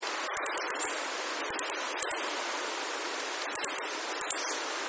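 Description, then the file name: Meadow bunting uttering quick strings of high, sharp, ticking notes in several short bursts separated by pauses. "hojiro"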